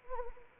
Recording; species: mosquito wingbeat signal from an infrared sensor; Anopheles arabiensis